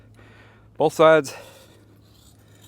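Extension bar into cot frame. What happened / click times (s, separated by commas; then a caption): The frame bar is being handled but has not clicked into place yet / none. The tensioning extension bar on a Kakadu Block Out Cot Tent frame is handled as it is pulled out into the cot frame, with a steady low hum in the background while someone talks briefly. Nothing has seated or clicked yet; the bar is not yet home when the clip ends.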